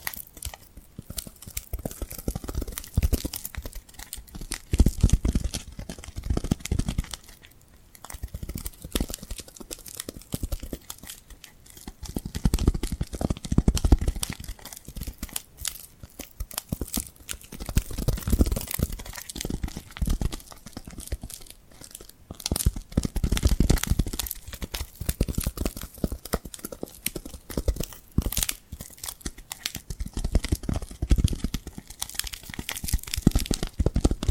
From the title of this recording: Tingly Glued Hand Sounds